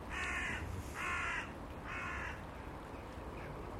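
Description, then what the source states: Jackdaws calling: three harsh calls, each about half a second long, then a few faint short calls. A flock calling together in the morning; described as a cacophony, unlike crows, which do not flock and call this way.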